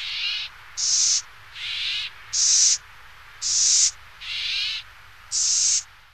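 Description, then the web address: California gnatcatcher uttering rasping buzzy notes in a regular series, alternating higher and lower pitches, each lasting about half a second. North America. "Songs of Birds of North America Stokes. California Gnatcatcher"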